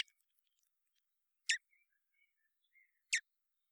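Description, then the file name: Common blackbird: two sharp clicking notes about one and a half seconds apart, with faint short notes between. "Turdus merula"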